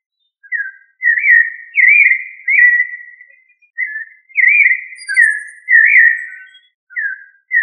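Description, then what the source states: Thrush song of rich whistled phrases delivered one after another, varied in shape, with a faint high chirp from another bird partway through. Member of the thrush family, known locally as sabiá.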